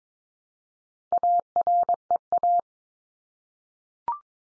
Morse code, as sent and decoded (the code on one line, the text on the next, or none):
.- .-. . .-
AREA